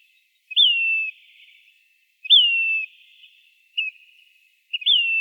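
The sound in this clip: Say's phoebe call series: several clear whistled notes, each rising briefly then dropping, one shorter clipped note among them, background otherwise still.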